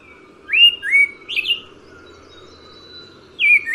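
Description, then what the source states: Black-breasted thrush song, a few clear whistled notes, sliding up then level, in short phrases with pauses, over steady low background noise. Nagaland, India.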